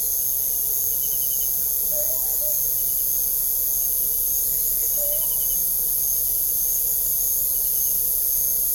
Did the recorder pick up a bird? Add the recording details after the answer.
no. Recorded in pastures near Puerto Asís, Putumayo, Colombia, on 26 December 2024 at 23:00. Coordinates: 0.497, -76.327. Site G088